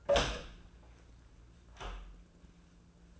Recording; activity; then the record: daily activity, microphone in the room; open door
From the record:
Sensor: 2